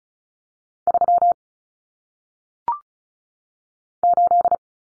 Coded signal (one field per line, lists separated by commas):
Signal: Morse code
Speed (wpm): 36 wpm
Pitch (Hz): 700 Hz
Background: none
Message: 3 8